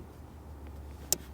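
A plug-and-play wiring harness connector for a Shiftpower throttle response controller is pushed into the factory accelerator pedal connector of a Toyota Highlander. A low steady hum underlies the clip until a single sharp click at 1.1 s. The connector is seated.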